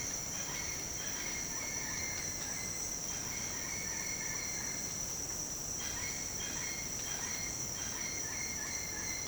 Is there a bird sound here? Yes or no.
yes